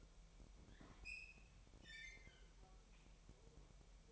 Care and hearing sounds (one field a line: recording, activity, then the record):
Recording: daily activity, microphone in the room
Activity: open fridge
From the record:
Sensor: 1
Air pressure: 1002.0 hPa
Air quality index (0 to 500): 244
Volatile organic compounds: 49 ppm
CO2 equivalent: 3286 ppm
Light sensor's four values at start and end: 8/28/10/11 and 8/28/10/11